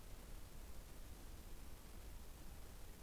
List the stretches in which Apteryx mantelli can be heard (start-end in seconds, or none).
none